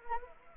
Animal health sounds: mosquito wingbeat signal from an infrared sensor; Anopheles arabiensis

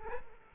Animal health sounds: mosquito wingbeat signal from an infrared sensor; Culex quinquefasciatus

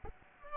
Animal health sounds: mosquito wingbeat signal from an infrared sensor; Aedes albopictus

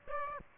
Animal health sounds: mosquito wingbeat signal from an infrared sensor; Aedes aegypti

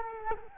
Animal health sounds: mosquito wingbeat signal from an infrared sensor; Culex quinquefasciatus

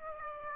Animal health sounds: mosquito wingbeat signal from an infrared sensor; Aedes aegypti

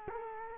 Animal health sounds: mosquito wingbeat signal from an infrared sensor; Culex quinquefasciatus

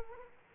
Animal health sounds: mosquito wingbeat signal from an infrared sensor; Aedes aegypti

